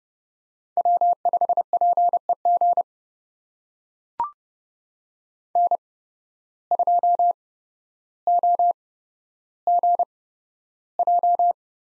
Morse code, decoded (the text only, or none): W5PEG N2OGJ